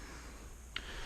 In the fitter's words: goes down in there locks in place